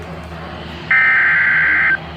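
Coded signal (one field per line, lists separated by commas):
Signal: Emergency Alert System (SAME) tones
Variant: header bursts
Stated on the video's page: Real EAS alerts received by DXing distant stations.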